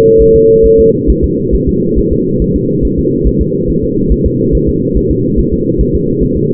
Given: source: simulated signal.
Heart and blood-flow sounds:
fetal heart sounds
0.22 s: S1
0.36 s: S2
0.66 s: S1
0.80 s: S2
1.10 s: S1
1.24 s: S2
1.54 s: S1
1.69 s: S2
1.98 s: S1
2.13 s: S2
2.42 s: S1
2.56 s: S2
2.85 s: S1
2.99 s: S2
3.27 s: S1
3.41 s: S2
3.70 s: S1
3.84 s: S2
4.12 s: S1
4.26 s: S2
4.55 s: S1
4.69 s: S2
4.97 s: S1
5.11 s: S2
5.39 s: S1
5.53 s: S2
5.81 s: S1
5.95 s: S2
6.23 s: S1
6.37 s: S2
From the record:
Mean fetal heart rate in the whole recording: 140 bpm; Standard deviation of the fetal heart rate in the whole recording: 2 bpm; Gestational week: 34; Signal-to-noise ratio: -11.2 dB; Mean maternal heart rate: 72 bpm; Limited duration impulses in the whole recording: present

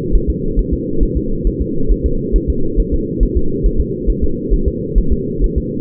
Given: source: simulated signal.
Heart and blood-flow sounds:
fetal heart sounds
0.15 s: S1
0.30 s: S2
0.59 s: S1
0.74 s: S2
1.03 s: S1
1.17 s: S2
1.47 s: S1
1.62 s: S2
1.92 s: S1
2.06 s: S2
2.36 s: S1
2.50 s: S2
2.80 s: S1
2.94 s: S2
3.23 s: S1
3.37 s: S2
3.66 s: S1
3.81 s: S2
4.10 s: S1
4.24 s: S2
4.54 s: S1
4.68 s: S2
4.98 s: S1
5.12 s: S2
5.44 s: S1
5.58 s: S2
From the record:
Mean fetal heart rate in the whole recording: 135 bpm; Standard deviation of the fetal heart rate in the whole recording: 3 bpm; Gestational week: 36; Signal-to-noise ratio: -8.1 dB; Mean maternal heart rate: 72 bpm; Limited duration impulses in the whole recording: absent

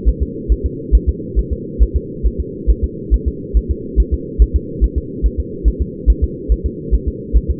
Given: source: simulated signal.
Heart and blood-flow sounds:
fetal heart sounds
0.09 s: S1
0.22 s: S2
0.52 s: S1
0.66 s: S2
0.95 s: S1
1.09 s: S2
1.39 s: S1
1.53 s: S2
1.82 s: S1
1.97 s: S2
2.26 s: S1
2.40 s: S2
2.70 s: S1
2.84 s: S2
3.14 s: S1
3.28 s: S2
3.57 s: S1
3.71 s: S2
4.00 s: S1
4.14 s: S2
4.42 s: S1
4.56 s: S2
4.84 s: S1
4.98 s: S2
5.26 s: S1
5.40 s: S2
5.68 s: S1
5.82 s: S2
6.10 s: S1
6.24 s: S2
6.52 s: S1
6.66 s: S2
6.94 s: S1
7.08 s: S2
7.37 s: S1
7.50 s: S2
From the record:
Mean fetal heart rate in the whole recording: 140 bpm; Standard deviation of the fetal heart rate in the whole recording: 2 bpm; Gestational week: 34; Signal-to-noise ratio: -4.1 dB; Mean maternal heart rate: no maternal heart sound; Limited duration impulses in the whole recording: absent

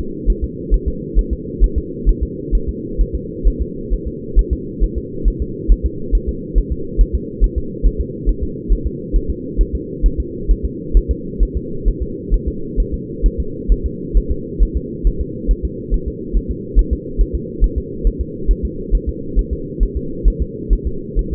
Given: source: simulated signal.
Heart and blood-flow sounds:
fetal heart sounds
0.30 s: S1
0.44 s: S2
0.74 s: S1
0.88 s: S2
1.19 s: S1
1.33 s: S2
1.64 s: S1
1.78 s: S2
2.09 s: S1
2.23 s: S2
2.55 s: S1
2.69 s: S2
3.01 s: S1
3.15 s: S2
3.48 s: S1
3.62 s: S2
3.93 s: S1
4.08 s: S2
4.39 s: S1
4.53 s: S2
4.84 s: S1
4.98 s: S2
5.28 s: S1
5.42 s: S2
5.72 s: S1
5.86 s: S2
6.15 s: S1
6.29 s: S2
6.58 s: S1
6.72 s: S2
7.01 s: S1
7.15 s: S2
7.44 s: S1
7.58 s: S2
7.86 s: S1
8.01 s: S2
8.29 s: S1
8.43 s: S2
8.72 s: S1
8.86 s: S2
9.16 s: S1
9.30 s: S2
9.61 s: S1
9.75 s: S2
10.06 s: S1
10.20 s: S2
10.51 s: S1
10.65 s: S2
10.97 s: S1
11.11 s: S2
11.43 s: S1
11.57 s: S2
11.88 s: S1
12.03 s: S2
12.34 s: S1
12.48 s: S2
12.80 s: S1
12.94 s: S2
13.26 s: S1
13.40 s: S2
13.72 s: S1
13.86 s: S2
14.17 s: S1
14.31 s: S2
14.63 s: S1
14.77 s: S2
15.07 s: S1
15.21 s: S2
15.51 s: S1
15.65 s: S2
15.94 s: S1
16.08 s: S2
16.37 s: S1
16.51 s: S2
16.79 s: S1
16.93 s: S2
17.21 s: S1
17.35 s: S2
17.64 s: S1
17.78 s: S2
18.07 s: S1
18.21 s: S2
18.51 s: S1
18.65 s: S2
18.95 s: S1
19.09 s: S2
19.39 s: S1
19.53 s: S2
19.83 s: S1
19.97 s: S2
20.28 s: S1
20.42 s: S2
20.73 s: S1
20.87 s: S2
21.19 s: S1
21.33 s: S2
From the record:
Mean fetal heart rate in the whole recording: 135 bpm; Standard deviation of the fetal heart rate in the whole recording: 3 bpm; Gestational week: 36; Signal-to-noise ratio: -4.3 dB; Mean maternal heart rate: 72 bpm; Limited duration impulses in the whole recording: absent

